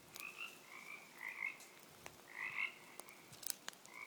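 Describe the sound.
Frog giving drawn-out croaks one after another with brief pauses, over a soft crackling background.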